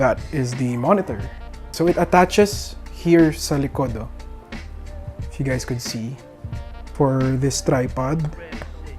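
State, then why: Not seated. Someone talks over background music while handling a portable gaming monitor and its tripod mount, getting ready to push the monitor onto the mount. Nothing has seated or clicked yet.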